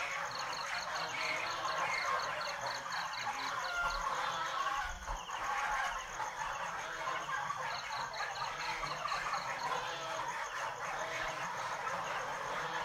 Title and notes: Oies - Sa Pa - 19h. Vietnam 2019